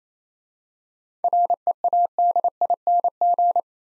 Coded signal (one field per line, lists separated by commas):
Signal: Morse code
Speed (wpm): 27 wpm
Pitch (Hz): 700 Hz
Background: none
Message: READING